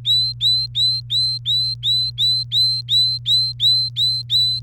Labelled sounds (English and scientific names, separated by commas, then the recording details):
Domestic Canary (Serinus canaria) song
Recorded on 29 April 2018 at 12:45
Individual llb3